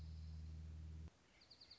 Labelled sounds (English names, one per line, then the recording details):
Dark-eyed Junco
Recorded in Sonoma County, California